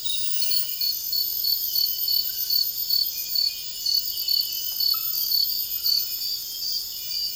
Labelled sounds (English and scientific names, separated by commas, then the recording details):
none
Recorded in secondary vegetation near Puerto Asís, Putumayo, Colombia, on 18 February 2024 at 04:00
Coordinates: 0.481, -76.323
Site G6376